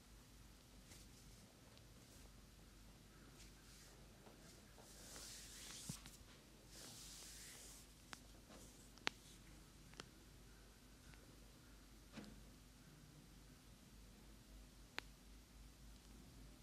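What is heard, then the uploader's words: A head, back and neck massage, with a steady low hum running underneath throughout. Soft brushing, rubbing sounds swell between about five and eight seconds, and sharp little clicks or taps land every second or two after that. ASMR Sleep Relief (No talking) - ASMR Head, Back and Neck Massage.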